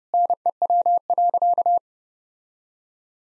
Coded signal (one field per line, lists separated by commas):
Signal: Morse code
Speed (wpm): 30 wpm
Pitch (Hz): 700 Hz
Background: none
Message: NEW.